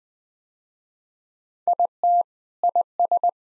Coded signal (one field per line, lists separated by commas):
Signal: Morse code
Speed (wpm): 20 wpm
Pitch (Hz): 700 Hz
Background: none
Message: IT IS